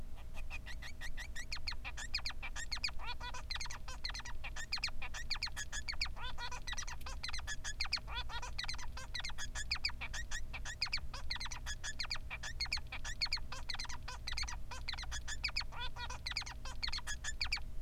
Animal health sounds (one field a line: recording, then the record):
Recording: song of a male Bengalese finch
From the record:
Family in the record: son of father 3